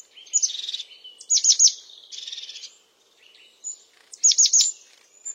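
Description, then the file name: European crested tit delivering purring buzzy trills mixed with sharp high clipped notes, two phrase groups separated by thin quiet calls. "Canto do chapim de crista"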